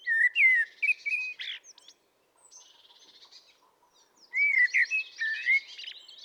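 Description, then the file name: Common blackbird singing two phrases a few seconds apart, each of low warbled whistles followed by squeaky, higher twitters; faint chatter fills the pause. "Turdus merula"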